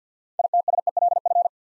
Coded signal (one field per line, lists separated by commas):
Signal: Morse code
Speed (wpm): 50 wpm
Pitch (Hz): 700 Hz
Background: none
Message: ITSELF